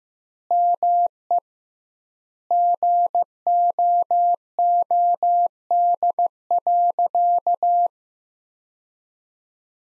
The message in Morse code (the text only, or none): ME GOOD.